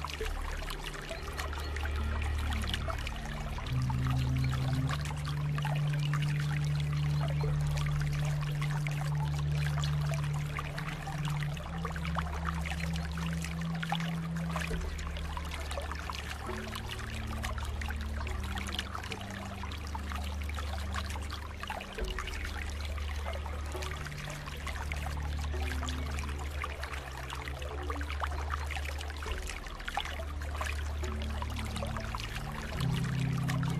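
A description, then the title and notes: Water flows and trickles steadily throughout, a dense, bright splashing that never pauses. Underneath, slow deep music holds long low tones that shift every few seconds, with a brief higher note near the end. The level stays even from start to finish. Relaxing Water flow sound with deep Relaxing Music.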